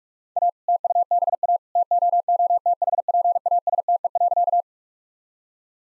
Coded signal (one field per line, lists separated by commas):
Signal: Morse code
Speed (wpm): 46 wpm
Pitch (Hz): 700 Hz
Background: none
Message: A TUBA TOOTHPASTE.